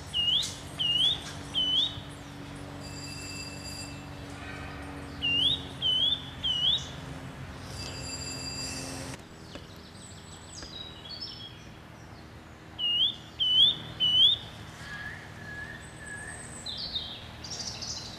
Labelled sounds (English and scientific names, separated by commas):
Eurasian Nuthatch (Sitta europaea) song